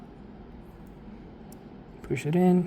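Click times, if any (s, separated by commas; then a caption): none. The plastic wiring connector for the second OEM suspension strut on an Escalade is found by its top side and lined up, ready to be pushed in. A low steady hum fills most of the clip, with a faint brief tick at 1.5 s, before someone talks near the end. The connector has not yet seated or clicked.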